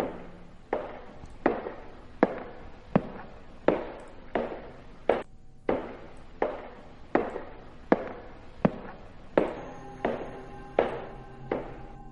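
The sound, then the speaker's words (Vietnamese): Steady approaching footsteps knock on a wooden floor, about sixteen even thuds at a slow walking pace, each sharp and hollow, with no voices and a faint hum in the background. “Tiếng bước chân đang đi đều đều, đều đều gõ lên trên sàn gỗ.”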